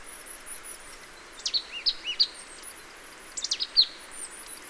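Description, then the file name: Marsh tit calls: two quick groups of explosive, downslurred notes, each followed by lower soft notes, over a faint high thin whistle and background hiss. "Poecile palustris"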